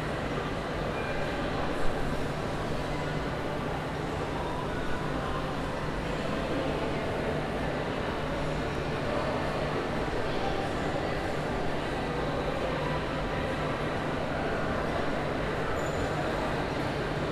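Families shopping fill a dense, steady indoor murmur over a constant low hum, with a brief sharp knock near the two-second mark.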